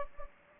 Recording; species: mosquito wingbeat signal from an infrared sensor; Anopheles gambiae